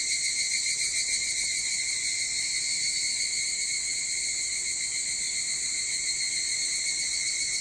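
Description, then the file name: Evening cicada song in chorus, a constant bright metallic whine layered in several high tones, no pauses. Recorded 22 July 2023 at 04:40. "higurashi 230722 0440"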